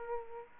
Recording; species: mosquito wingbeat signal from an infrared sensor; Aedes aegypti